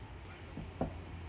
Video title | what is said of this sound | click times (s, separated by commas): The Snap Mount For GoPro #Product Review | you hear that click | 0.8 s